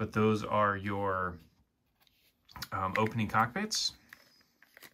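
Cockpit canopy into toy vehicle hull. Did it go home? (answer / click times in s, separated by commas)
no / none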